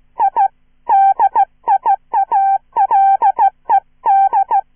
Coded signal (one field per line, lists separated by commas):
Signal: Morse code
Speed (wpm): 16 wpm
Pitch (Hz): 790 Hz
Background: none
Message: I DIALED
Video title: QGV - a horror shortstory in Morse code, part 2 "Listen & Copy"